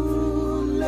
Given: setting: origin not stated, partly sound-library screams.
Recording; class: one-second piece from a danger detection set; normal situation